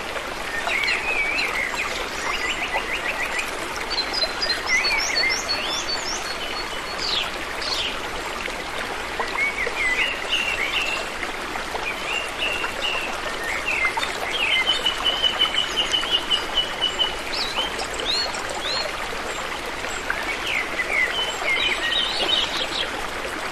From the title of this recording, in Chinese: 大自然的水流声